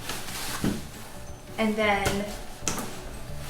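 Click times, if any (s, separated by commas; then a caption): 2.7 s. Someone talks as an UPPAbaby MESA infant car seat is lowered onto the frame adapters of an UPPAbaby CRUZ stroller. The seat latches in place with a sharp click at 2.7 s, and the seat is seated.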